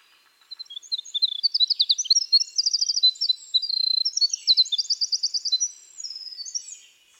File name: Troglodytes hiemalis - Winter Wren